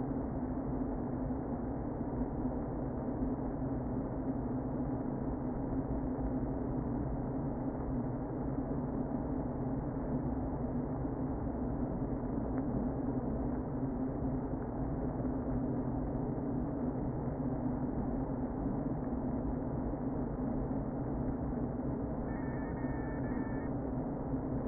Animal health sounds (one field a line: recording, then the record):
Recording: honeybee colony, microphone inside the hive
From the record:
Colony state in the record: queen present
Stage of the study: before two queens were removed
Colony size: about 60,000 bees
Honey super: yes